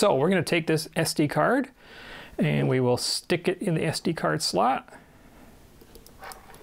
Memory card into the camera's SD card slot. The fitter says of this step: push it until it clicks in it's it's